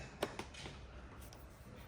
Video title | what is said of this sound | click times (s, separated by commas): Regret Losing Your Keys? Piaggio Typhoon Lock Set Change | well it wasn't very loud but we just barely heard it | 0.2 s